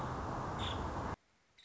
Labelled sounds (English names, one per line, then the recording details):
Nuttall's Woodpecker
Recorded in Sonoma County, California